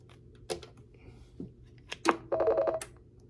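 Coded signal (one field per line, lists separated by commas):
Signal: roger beep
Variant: Stryker 955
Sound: several clicks and a low hum, then a brief rapid warbling two-pitch tone burst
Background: mains hum, switch clicks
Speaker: And this will be the last Roger beep, which is a little crazy.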